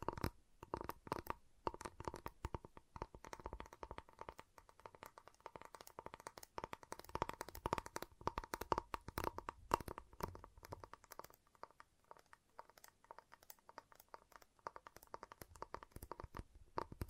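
Tapping, cutting and snapping on a giant chocolate bar, with dense clusters of short sharp clicks and cracks arriving quickly and irregularly throughout. A faint steady tone holds underneath, and the activity thins somewhat after about eleven seconds, leaving sparser crisp taps.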